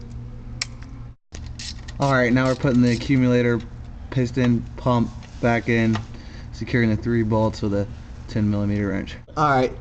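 A metal snap ring is pushed into its groove inside a car transmission and pops into place with a sharp click at 0.6 s, followed by a few softer taps, leaving the ring seated. Someone then talks over a steady low hum.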